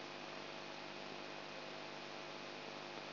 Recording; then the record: brain microelectrode recording played as sound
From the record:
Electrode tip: outside the subthalamic nucleus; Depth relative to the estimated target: -8 mm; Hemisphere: right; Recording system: AlphaMap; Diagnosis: Parkinson's disease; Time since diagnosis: 9 years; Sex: male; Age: 58 years